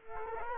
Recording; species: mosquito wingbeat signal from an infrared sensor; Culex quinquefasciatus